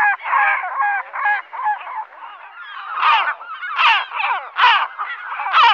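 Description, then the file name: Gull calls: harsh, nasal cries, rising into louder strident squeals toward the end. "Gaviota"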